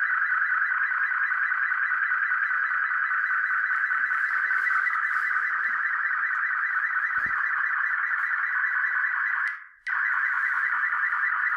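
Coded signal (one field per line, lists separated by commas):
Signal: multi-tone FSK (Olivia or MFSK type)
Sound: continuous warbling, buzzy multi-tone data signal in the midrange, with one brief gap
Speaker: so now let's see if this works i'm going to hit the transmit button and be quiet for a little while so i don't disrupt the transmission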